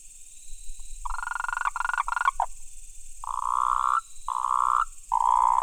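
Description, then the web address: Frog croaking: choppy, pulsed notes at first, then longer, steady rasping croaks separated by brief gaps. Recorded 28 October 2017. "frog rec 20171028"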